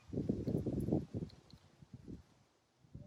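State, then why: Not seated. A wiring harness plug is handled at the LED headlight bulb's connector during a Ford F150 headlight bulb upgrade to LED bulbs, with dense low rustling and scraping from about 0.1 to 1.3 s and sharper handling knocks near 0.3, 0.7 and 0.9 s. Fainter bursts follow around 1.9–2.2 s and again at the very end. The plug has not yet clicked or seated on the connector.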